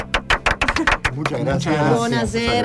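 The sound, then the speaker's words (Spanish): Audience applause welcoming guests from the play Golpes a mi Puerta on a radio show: a quick run of sharp, separate claps in an uneven rhythm, soon giving way to a busy blend of voices talking as the clapping fades under them. “Muchas gracias por los aplausos también, que son necesarios.”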